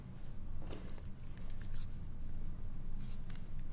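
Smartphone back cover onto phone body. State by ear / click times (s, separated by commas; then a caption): not seated / none. A BlackBerry Porsche Design P'9881 smartphone back cover is gently lined up and pressed onto the phone body. Only soft handling and light scraping noises are heard against a steady low hum. Nothing has seated or clicked yet.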